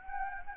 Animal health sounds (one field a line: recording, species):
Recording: mosquito wingbeat signal from an infrared sensor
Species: Anopheles gambiae